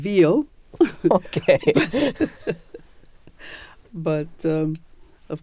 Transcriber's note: both laugh